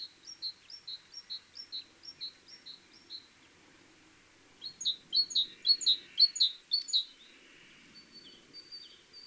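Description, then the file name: Great tit giving an even, repeated series of clear notes, then a louder rapid run of doubled phrases, and a few thin high notes at the end. "Parus major"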